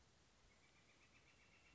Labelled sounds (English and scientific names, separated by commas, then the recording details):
Northern Flicker (Colaptes auratus)
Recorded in Sonoma County, California